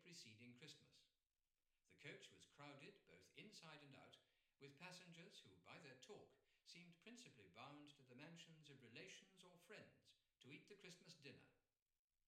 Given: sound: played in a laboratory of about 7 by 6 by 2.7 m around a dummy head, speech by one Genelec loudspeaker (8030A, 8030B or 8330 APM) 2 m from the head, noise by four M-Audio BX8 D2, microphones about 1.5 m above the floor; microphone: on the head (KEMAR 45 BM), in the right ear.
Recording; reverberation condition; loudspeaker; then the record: male speech in English; medium; 30 degrees to the right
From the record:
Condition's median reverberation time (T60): about 510 ms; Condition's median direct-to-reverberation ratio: about -0.5 dB